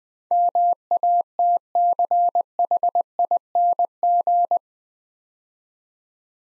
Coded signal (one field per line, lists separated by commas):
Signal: Morse code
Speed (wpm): 20 wpm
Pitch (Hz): 700 Hz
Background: none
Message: MATCHING